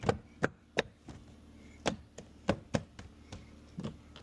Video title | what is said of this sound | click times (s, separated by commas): Dealer Wanted $669?! 2014 Nissan Altima Door Handle Replacement DIY | right, once all your holes line up, it snaps back in place. | 0.4 s, 0.8 s, 2.5 s